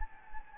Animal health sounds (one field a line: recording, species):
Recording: mosquito wingbeat signal from an infrared sensor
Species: Anopheles gambiae